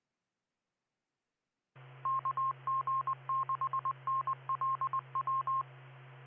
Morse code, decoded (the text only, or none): KG6NLW